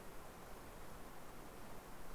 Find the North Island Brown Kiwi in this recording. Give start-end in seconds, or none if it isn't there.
none